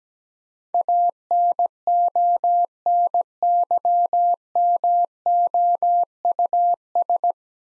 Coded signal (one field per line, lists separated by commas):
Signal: Morse code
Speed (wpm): 17 wpm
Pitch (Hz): 700 Hz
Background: none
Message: ANONYMOUS